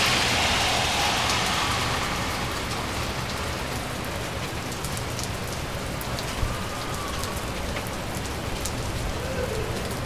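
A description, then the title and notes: Steady rain falls in East NY, a dense, even hiss that holds for the full ten seconds. Scattered brighter drops tick across the top, with one sharper tap around six and a half seconds, over a soft low rumble underneath. East NY Rain. Leaving the Outpost we are suddenly caught in a rainstorm, seeking refuge under the awning of a shop that has gone out of business. For an area with such a high population density there is a surprising lack of road traffic. This allows for the fairly heavy rain to be the main sound source.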